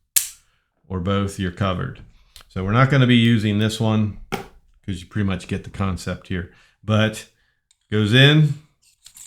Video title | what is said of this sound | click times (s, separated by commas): DJI Osmo Action 2 - Freewell ND Filters & Accessories | oops wrong way it it won't go in the magnet's gonna fight you if you have it backwards so there's only one way | none